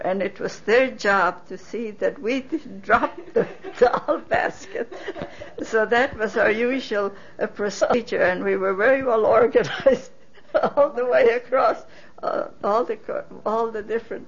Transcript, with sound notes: And it was their job to see that we didn't drop the doll basket. ( they laugh ) So that was our usual procedure, and we were very well-organized all the way across all the different